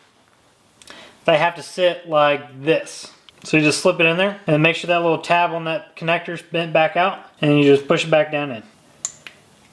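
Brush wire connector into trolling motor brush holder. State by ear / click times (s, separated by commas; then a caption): seated / 9.1 s. Someone talks while a small metal spade connector, its locking tab bent back out, is pushed down into the brush holder slot of a trolling motor to connect the brush wire. A sharp click at 9.1 s marks the connector seating, after which it is locked in and cannot be pulled back out.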